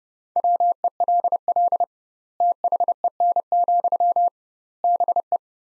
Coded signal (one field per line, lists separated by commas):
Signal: Morse code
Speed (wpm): 30 wpm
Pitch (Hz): 700 Hz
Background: none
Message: WELL THEN, BE